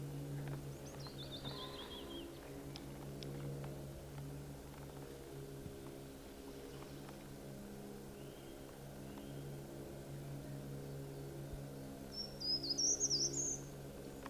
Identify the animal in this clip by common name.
Short-toed Treecreeper